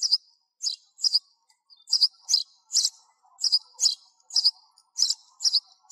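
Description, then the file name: Sparrow chirps, sharp high notes given singly or in quick doubles with brief pauses between bursts. Sparrow calling its flock. "tieng se goi bay"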